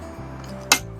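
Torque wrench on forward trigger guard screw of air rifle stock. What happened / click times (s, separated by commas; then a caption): The torque wrench clicked at its set torque / 0.7 s. A torque wrench set to about 44 inch-pounds tightens the forward trigger guard screw of a spring airgun's stock. A steady low background hum runs under the clip, then a single sharp, bright click at 0.7 s marks the wrench reaching its setting. The screw is confirmed torqued to 44 inch-pounds.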